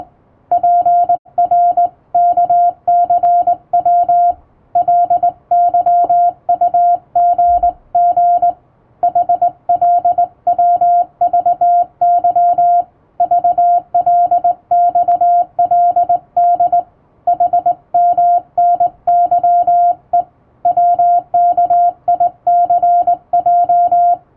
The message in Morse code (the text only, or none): PRKCW LYUGG HLWVY VLXLD HMNYE WKICJ